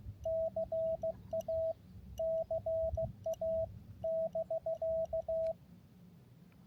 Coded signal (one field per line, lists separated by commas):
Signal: Morse code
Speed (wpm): 15 wpm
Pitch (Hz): 650 Hz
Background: radio noise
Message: CA CA <BK>